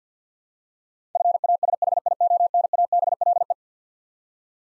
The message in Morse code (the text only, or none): FASHIONABLE